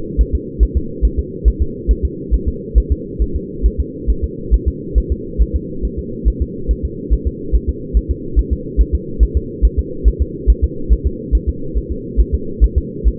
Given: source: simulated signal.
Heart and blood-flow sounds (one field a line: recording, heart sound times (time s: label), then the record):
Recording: fetal heart sounds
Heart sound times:
0.21 s: S1
0.35 s: S2
0.63 s: S1
0.77 s: S2
1.05 s: S1
1.19 s: S2
1.48 s: S1
1.62 s: S2
1.91 s: S1
2.05 s: S2
2.34 s: S1
2.48 s: S2
2.78 s: S1
2.92 s: S2
3.22 s: S1
3.36 s: S2
3.66 s: S1
3.80 s: S2
4.10 s: S1
4.24 s: S2
4.54 s: S1
4.68 s: S2
4.98 s: S1
5.12 s: S2
5.42 s: S1
5.56 s: S2
5.85 s: S1
5.99 s: S2
6.28 s: S1
6.42 s: S2
6.71 s: S1
6.85 s: S2
7.13 s: S1
7.27 s: S2
7.55 s: S1
7.69 s: S2
7.97 s: S1
8.11 s: S2
8.39 s: S1
8.53 s: S2
8.81 s: S1
8.95 s: S2
9.23 s: S1
9.37 s: S2
9.65 s: S1
9.79 s: S2
10.08 s: S1
10.22 s: S2
10.50 s: S1
10.64 s: S2
10.93 s: S1
11.07 s: S2
11.35 s: S1
11.49 s: S2
11.78 s: S1
11.92 s: S2
12.20 s: S1
12.34 s: S2
12.64 s: S1
12.78 s: S2
13.08 s: S1
From the record:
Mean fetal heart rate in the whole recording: 140 bpm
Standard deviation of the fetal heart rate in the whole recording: 2 bpm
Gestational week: 34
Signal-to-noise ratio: -4.3 dB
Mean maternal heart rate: 72 bpm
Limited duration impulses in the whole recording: present